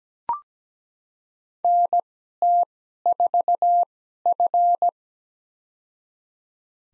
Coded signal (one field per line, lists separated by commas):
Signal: Morse code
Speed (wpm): 17 wpm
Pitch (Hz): 700 Hz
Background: none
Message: NT4F